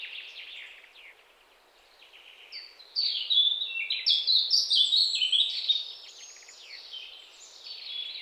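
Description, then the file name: European robin song, a faint trill opening, then after a pause a loud rich phrase of rapid twittering and high, clear, descending whistles. "Erithacus rubecula"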